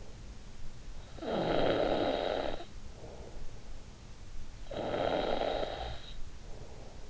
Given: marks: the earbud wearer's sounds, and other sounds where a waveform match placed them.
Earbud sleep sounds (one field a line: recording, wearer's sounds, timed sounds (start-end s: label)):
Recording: sounds in sleep by an in-ear microphone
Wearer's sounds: snoring breath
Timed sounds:
0.90-3.56 s: snoring breath
4.36-6.42 s: snoring breath